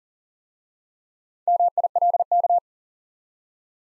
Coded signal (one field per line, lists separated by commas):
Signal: Morse code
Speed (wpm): 39 wpm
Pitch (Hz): 700 Hz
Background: none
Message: MILK